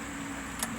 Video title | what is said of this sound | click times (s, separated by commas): ridgeline 001 | you can actually hear it snap when it's in place | 0.6 s